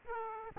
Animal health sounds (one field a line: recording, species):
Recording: mosquito wingbeat signal from an infrared sensor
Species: Aedes aegypti